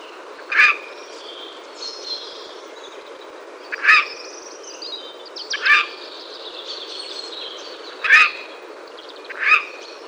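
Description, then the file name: Eurasian jay uttering five short, sharp, harsh notes spread over ten seconds, with soft calls of other birds in the background. "Garrulus glandarius"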